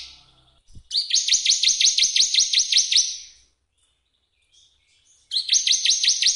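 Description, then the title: Bar-winged prinia song: rapid series of high, sharp down-slurred notes in a burst lasting over two seconds, then silence, and another burst begins. Cage-bird training recording; full 'nembak' song style. "Masteran ciblek full nembak. Burung Ciblek"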